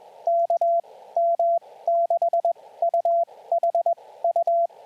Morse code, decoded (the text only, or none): KM6UHU